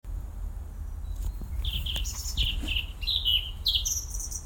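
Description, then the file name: Eurasian blackcap song: a short phrase that starts after a pause and becomes a run of clear, rising whistled notes. "Sylvia atricapilla"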